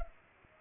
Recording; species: mosquito wingbeat signal from an infrared sensor; Culex pipiens